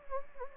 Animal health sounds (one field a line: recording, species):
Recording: mosquito wingbeat signal from an infrared sensor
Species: Anopheles gambiae